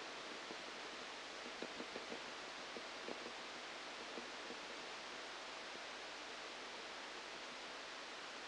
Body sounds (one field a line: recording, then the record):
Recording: brain microelectrode recording played as sound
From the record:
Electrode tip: outside the subthalamic nucleus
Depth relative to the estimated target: -4 mm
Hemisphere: left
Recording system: NeuroSet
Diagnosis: Parkinson's disease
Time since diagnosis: 8 years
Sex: male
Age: 37 years